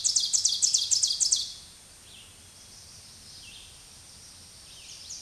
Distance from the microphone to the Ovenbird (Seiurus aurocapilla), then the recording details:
about 15 m. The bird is about 5 m above the microphone. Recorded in a Pennsylvania forest on 16 May 2024 at 06:32. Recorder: AudioMoth, point MSD-2083. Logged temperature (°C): 16.7 °C. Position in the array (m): 135 m, 5 m